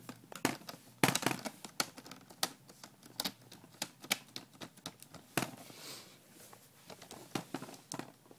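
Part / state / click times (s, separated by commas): plastic screen bezel clips into the laptop lid / seated / 1.0 s, 1.8 s, 2.4 s, 4.1 s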